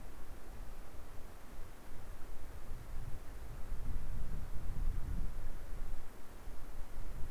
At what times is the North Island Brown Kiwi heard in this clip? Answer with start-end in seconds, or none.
none